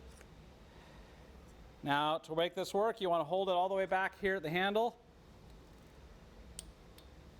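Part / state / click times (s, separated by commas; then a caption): torque wrench tightening speaker connector / torque reached / 6.6 s. A torque wrench, held back at the handle, tightens an NL4FXX speaker connector. Someone talks from about 1.9 to 4.9 s, then after quiet the wrench gives a sharp click at 6.6 s as it reaches its set torque, and the connector is done.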